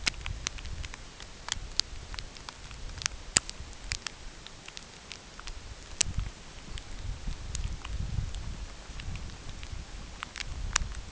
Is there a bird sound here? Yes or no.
no